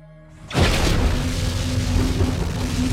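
A sudden, loud crack of thunder as lightning snakes down from the sky bursts in after a quiet half-second, then rolls on as a sustained, rumbling roar with low booming undertones that persists without fading.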